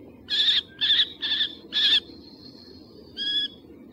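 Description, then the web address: Common kestrel giving four harsh, ringing notes in quick succession, then a thin drawn-out tone and one final note, over a steady low background hiss. Uzbekistan. "Uzbek hayvonlar. Falco tinnunculus"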